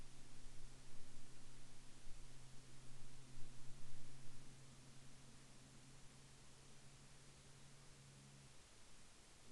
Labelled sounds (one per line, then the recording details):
man-made sound
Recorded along the Dempster Highway, Canada, on 3 April 2020 at 21:32
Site 14